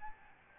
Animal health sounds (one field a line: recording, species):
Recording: mosquito wingbeat signal from an infrared sensor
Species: Aedes albopictus